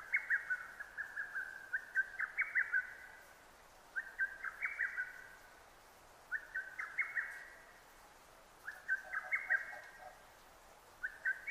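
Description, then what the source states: Lesser cuckoo song: rapid bursts of sharp whistled notes, phrase after phrase roughly every two to three seconds. Recorded 6 June 2009.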